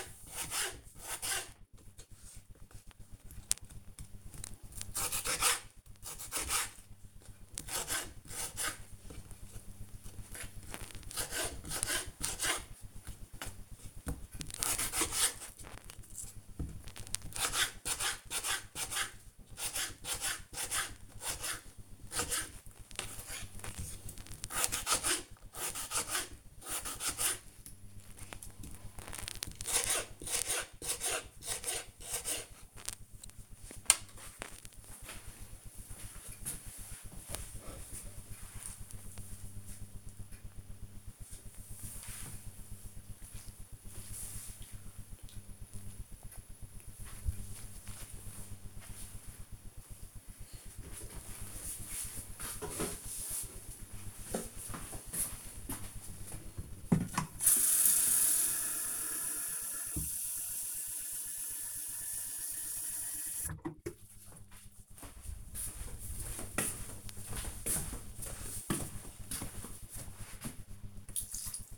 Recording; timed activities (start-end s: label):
household activities, microphone on the right wrist
0.00-32.99 s: cutting vegetables
52.17-71.78 s: watering plant